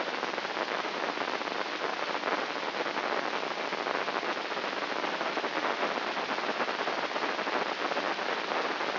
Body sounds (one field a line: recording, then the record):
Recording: brain microelectrode recording played as sound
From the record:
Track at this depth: outside the subthalamic nucleus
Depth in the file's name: 7.029 mm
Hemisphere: left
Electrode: 3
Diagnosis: Parkinson's disease